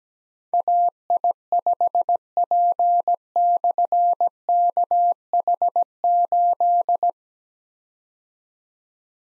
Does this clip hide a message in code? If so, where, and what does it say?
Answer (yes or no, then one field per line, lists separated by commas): yes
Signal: Morse code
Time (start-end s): 0.5-7.1 s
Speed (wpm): 17 wpm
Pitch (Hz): 700 Hz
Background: none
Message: AI5P/KH8